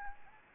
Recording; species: mosquito wingbeat signal from an infrared sensor; Anopheles gambiae